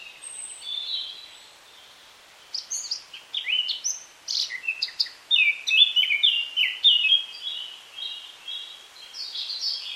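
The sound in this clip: Eurasian Blackcap song: a soft brief note, a quiet gap, then a long lively warble of quick, sliding chirps running to the end.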